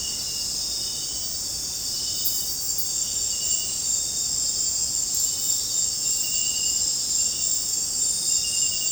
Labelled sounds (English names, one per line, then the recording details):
none
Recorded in pastures near Puerto Asís, Putumayo, Colombia, on 26 December 2024 at 20:30
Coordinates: 0.466, -76.322
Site G040